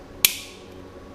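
A 3D-printed plastic insert for a BMW E36 cupholder, with a small tab at the bottom, is pressed into the cupholder body. A single sharp click sounds at 0.3 s, bright in the high frequencies and fading quickly. The insert is seated, clicked into place so it doesn't rattle.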